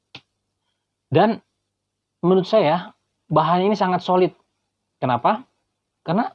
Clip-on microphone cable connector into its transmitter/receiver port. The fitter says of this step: Jadi kalau misal kita mau sambungkan tinggal dicolokkan saja ya tanggung Sampai bunyi klik dan